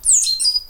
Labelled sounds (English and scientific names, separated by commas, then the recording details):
Stitchbird (Notiomystis cincta) song
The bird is a male
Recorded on Tiritiri Matangi Island, New Zealand, in 2005
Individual 12, of nest box 16